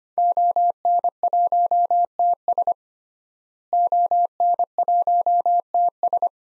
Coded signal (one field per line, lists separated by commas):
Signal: Morse code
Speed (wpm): 25 wpm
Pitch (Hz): 700 Hz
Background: none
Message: ON1TS ON1TS